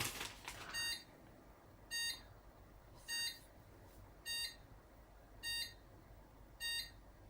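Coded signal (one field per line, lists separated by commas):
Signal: beep code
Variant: AMI BIOS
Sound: six identical short buzzy beeps evenly spaced about a second apart, sequence cut off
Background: faint room noise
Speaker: okay still the same problem a peeps is graphics card but doesn't always mean video RAM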